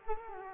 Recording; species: mosquito wingbeat signal from an infrared sensor; Culex quinquefasciatus